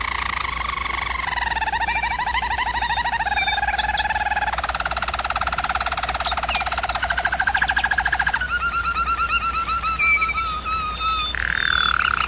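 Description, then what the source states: German Roller canary song of smooth rolling tours, a fast rattling stretch midway, then higher whistled rolls, a constant low hum beneath. German Roller canary song used as a training recording for canaries.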